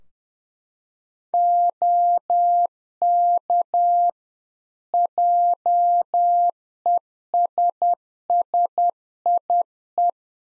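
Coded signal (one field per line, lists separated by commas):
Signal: Morse code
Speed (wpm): 10 wpm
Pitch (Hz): 700 Hz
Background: none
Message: OK JESSIE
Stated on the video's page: Practice QSO ending segment (pleasantries, 73) at 10 wpm for head-copy, sent in Morse, then spoken, then sent again; used in CW club QSO classes.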